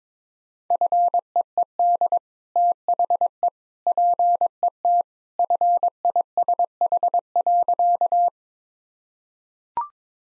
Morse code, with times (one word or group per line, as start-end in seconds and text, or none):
0.7-2.2 FEED
2.6-3.5 THE
3.9-5.0 PET
5.4-8.3 FISH.